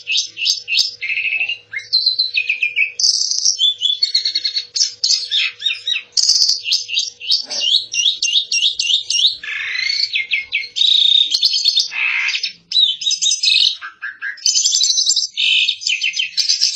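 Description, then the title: Asian pied starling singing a dense medley of whistles, chattering trills and scratchy notes that rise and fall through the whole stretch. Vigorous 'gacor' singing of a cage bird, used as a master recording for training other cage birds to sing. "jalak suren gacor"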